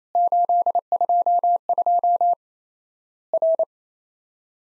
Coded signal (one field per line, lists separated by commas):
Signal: Morse code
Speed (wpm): 28 wpm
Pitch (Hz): 700 Hz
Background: none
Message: 822 R